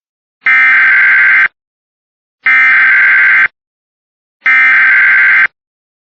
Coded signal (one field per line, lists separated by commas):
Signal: Emergency Alert System (SAME) tones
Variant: header bursts